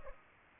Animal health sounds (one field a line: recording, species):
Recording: mosquito wingbeat signal from an infrared sensor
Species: Aedes aegypti